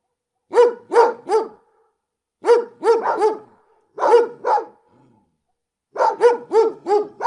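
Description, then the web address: Dog barks in short bursts: three barks, a pause, a quick run of several, two more, then a final run of several barks. Big dogs barking close. "fvtt-sonniss-gdc-audio dogs-big-close-barking"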